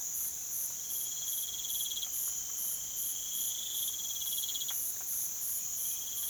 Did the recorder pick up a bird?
no